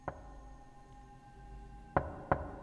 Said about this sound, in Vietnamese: Thế nhưng vừa đi được ba bước thì cái âm thanh cộc cộc ấy lại vang lên.